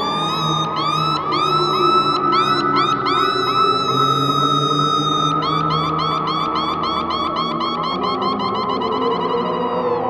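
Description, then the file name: Gull calls, a dense run of cries repeated rapidly and overlapping. "ECHOLTD Echoes Seagulls"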